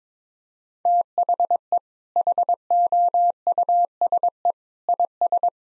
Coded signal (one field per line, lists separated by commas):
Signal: Morse code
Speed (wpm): 21 wpm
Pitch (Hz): 700 Hz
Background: none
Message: THE HOUSE IS